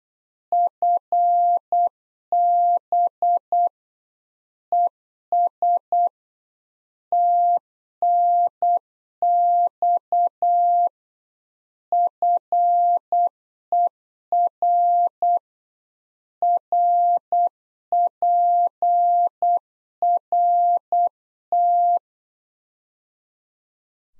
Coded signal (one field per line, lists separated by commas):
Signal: Morse code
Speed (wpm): 8 wpm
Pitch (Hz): 700 Hz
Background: none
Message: FB ES TNX FER RPRT